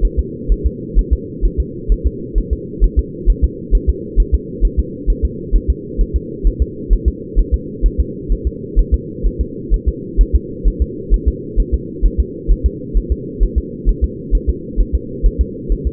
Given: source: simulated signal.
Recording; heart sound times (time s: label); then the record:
fetal heart sounds
0.05 s: S1
0.19 s: S2
0.52 s: S1
0.66 s: S2
0.99 s: S1
1.13 s: S2
1.45 s: S1
1.60 s: S2
1.92 s: S1
2.06 s: S2
2.38 s: S1
2.53 s: S2
2.84 s: S1
2.99 s: S2
3.30 s: S1
3.44 s: S2
3.75 s: S1
3.89 s: S2
4.20 s: S1
4.34 s: S2
4.65 s: S1
4.79 s: S2
5.10 s: S1
5.25 s: S2
5.55 s: S1
5.70 s: S2
6.01 s: S1
6.16 s: S2
6.47 s: S1
6.62 s: S2
6.93 s: S1
7.08 s: S2
7.39 s: S1
7.54 s: S2
7.86 s: S1
8.00 s: S2
8.32 s: S1
8.47 s: S2
8.79 s: S1
8.94 s: S2
9.26 s: S1
9.41 s: S2
9.74 s: S1
9.88 s: S2
10.21 s: S1
10.35 s: S2
10.67 s: S1
10.82 s: S2
11.14 s: S1
11.28 s: S2
11.60 s: S1
11.74 s: S2
12.05 s: S1
12.20 s: S2
12.51 s: S1
12.66 s: S2
12.97 s: S1
13.12 s: S2
13.43 s: S1
13.58 s: S2
13.89 s: S1
14.04 s: S2
14.35 s: S1
14.49 s: S2
14.80 s: S1
14.95 s: S2
15.26 s: S1
15.41 s: S2
15.72 s: S1
15.87 s: S2
From the record:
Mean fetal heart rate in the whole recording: 130 bpm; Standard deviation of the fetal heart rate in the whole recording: 2 bpm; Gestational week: 36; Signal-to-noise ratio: -4.1 dB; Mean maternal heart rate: no maternal heart sound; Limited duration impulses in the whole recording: absent